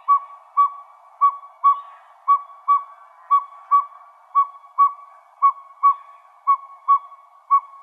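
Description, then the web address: Northern pygmy owl call: a steady series of soft whistled toots, evenly spaced, otherwise quiet. Recorded in Arizona. "Owls NOPO. deviche"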